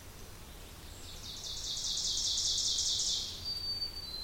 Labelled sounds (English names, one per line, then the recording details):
Ovenbird song
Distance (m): 40 m
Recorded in boreal forest in Alberta, Canada, on 2 June 2016 at 08:31
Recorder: SongMeter 3, array SBT-3-7
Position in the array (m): 194 m, 1 m
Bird 6